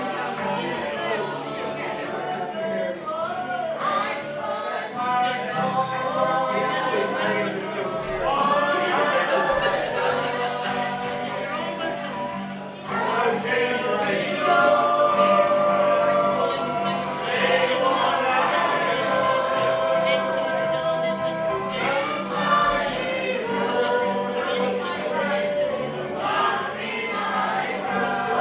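A group sing-along at Tigh Ruairi on Inis Oirr, with many voices joining in a steady, continuous melody. The singing stays dense and fairly level throughout, dipping briefly near thirteen seconds before swelling louder again, with held notes and a low, sustained hum underneath.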